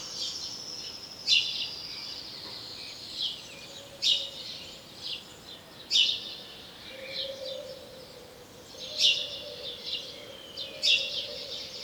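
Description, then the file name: House sparrow calling with loud chirps at irregular gaps of two to three seconds, mixed with fainter twittering and a low droning hum. "Passer domesticus"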